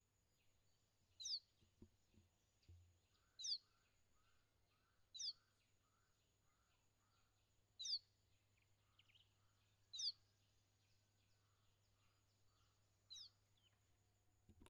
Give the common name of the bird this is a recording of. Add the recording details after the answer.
Lesser Striped Swallow. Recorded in northern Uganda